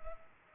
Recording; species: mosquito wingbeat signal from an infrared sensor; Culex pipiens